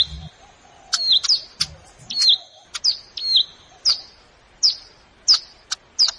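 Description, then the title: Plain prinia song: a clipped, downslurred note followed by a thin level tone, repeated roughly every half second to second, interspersed with sharp clicks. Recorded in a rice field (sawah). "Ciblek Sawah"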